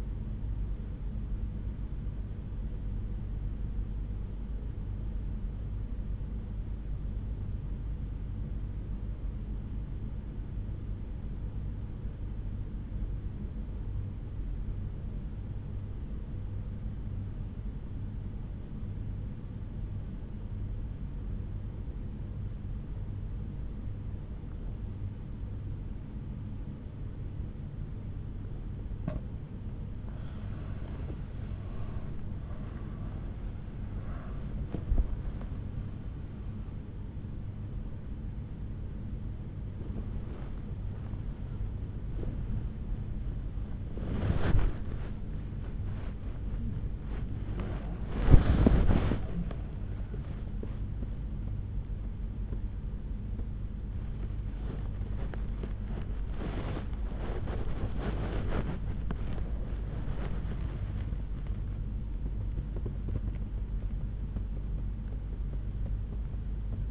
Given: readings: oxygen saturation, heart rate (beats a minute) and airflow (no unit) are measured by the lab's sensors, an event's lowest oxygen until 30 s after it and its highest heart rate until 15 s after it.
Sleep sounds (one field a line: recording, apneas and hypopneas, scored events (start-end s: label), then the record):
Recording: breathing in sleep by a smartphone at the bedside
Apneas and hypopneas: 1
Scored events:
3.00-30.00 s: obstructive apnea (N1, oxygen 93% highest, then 76% lowest, heart rate 65 at the start, 84 highest)
38.00-66.91 s: new sleep stage, awake
41.00-66.91 s: awake
From the record:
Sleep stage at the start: N1 (lightest sleep)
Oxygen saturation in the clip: 76 to 95%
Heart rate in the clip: 63 to 87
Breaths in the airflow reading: 6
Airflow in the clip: -13.2 to 14.1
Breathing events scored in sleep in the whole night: 368 in 8.0 hours asleep